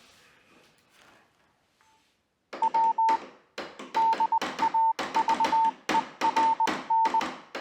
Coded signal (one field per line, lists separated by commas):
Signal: Morse code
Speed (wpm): 20 wpm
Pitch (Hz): 900 Hz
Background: none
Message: W DAVERN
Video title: North East telegraph Line 12 4 25